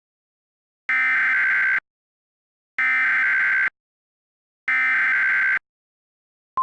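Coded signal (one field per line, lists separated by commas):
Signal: Emergency Alert System (SAME) tones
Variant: header bursts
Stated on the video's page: Fictional scenario alerts about nuclear power plant explosions near Valdez and Cordova, Alaska.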